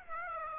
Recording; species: mosquito wingbeat signal from an infrared sensor; Aedes aegypti